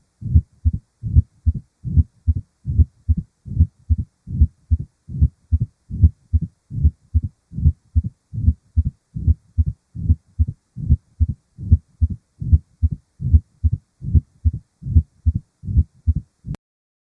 Heart Murmurs: Mitral Stenosis. Mitral stenosis: a clicking sound as the valve opens followed by a decrescendo-crescendo diastolic murmur.